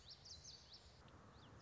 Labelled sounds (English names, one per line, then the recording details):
Common Yellowthroat
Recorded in Sonoma County, California